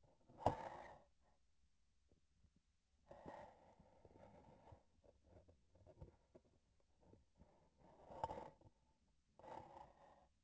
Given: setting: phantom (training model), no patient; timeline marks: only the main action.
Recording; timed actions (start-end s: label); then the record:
laparoscopic instrument, vibration sensor on the handle end
5.68-6.62 s: palpation
From the record:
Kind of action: gesture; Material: synthetic tissue